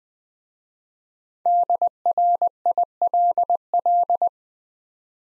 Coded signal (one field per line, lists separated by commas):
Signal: Morse code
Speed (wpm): 20 wpm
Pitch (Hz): 700 Hz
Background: none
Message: DRILL